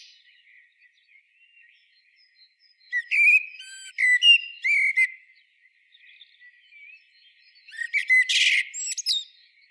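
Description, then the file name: Eurasian blackbird song: two phrases, each opening with low mellow fluted whistles and ending in a squeaky, high twittering flourish, with quiet pauses between. "Turdus merula"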